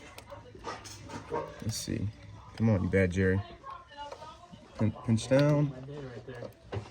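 Someone talks while pinching a replacement SPE injector return line clip down onto a diesel fuel injector on a 2017–2022 6.7 Powerstroke, with faint handling noises in between. Nothing has seated or clicked yet.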